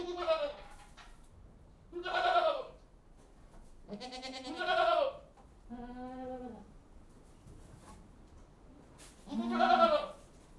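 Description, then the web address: Goats bleating, a series of wavering calls of varying pitch, some harsh and loud, one lower and steadier, a few seconds apart. General atmosphere inside a goat house; livestock. "BBC Sound Effects Library Livestock General Atmosphere In Goat-House"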